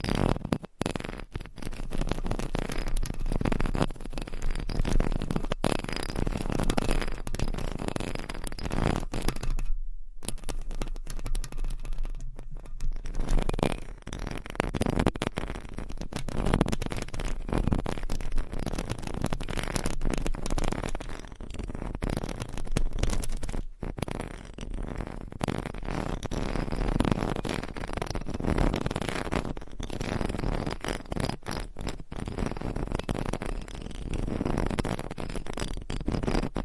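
Nails scratch across microphone covers in a dense, continuous rasping that hardly lets up, rough and full from low rumble to bright hiss. Around ten seconds it briefly drops out and thins, then resumes; a few short gaps break it near 24 and 33 seconds.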